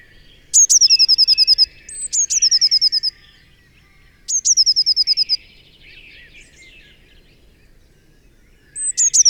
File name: Cyanistes caeruleus